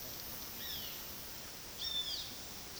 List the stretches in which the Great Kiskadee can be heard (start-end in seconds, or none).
0.49-2.79